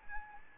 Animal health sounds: mosquito wingbeat signal from an infrared sensor; Aedes albopictus

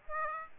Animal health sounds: mosquito wingbeat signal from an infrared sensor; Aedes aegypti

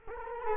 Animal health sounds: mosquito wingbeat signal from an infrared sensor; Culex quinquefasciatus

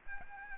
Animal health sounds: mosquito wingbeat signal from an infrared sensor; Aedes albopictus

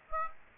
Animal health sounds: mosquito wingbeat signal from an infrared sensor; Aedes aegypti

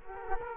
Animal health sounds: mosquito wingbeat signal from an infrared sensor; Culex quinquefasciatus

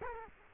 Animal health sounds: mosquito wingbeat signal from an infrared sensor; Culex quinquefasciatus

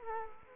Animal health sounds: mosquito wingbeat signal from an infrared sensor; Culex quinquefasciatus

